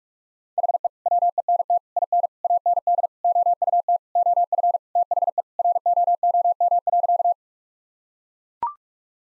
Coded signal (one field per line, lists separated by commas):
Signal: Morse code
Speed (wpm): 41 wpm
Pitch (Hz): 700 Hz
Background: none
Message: HE WENT IN AND OUT OF THE ROOM.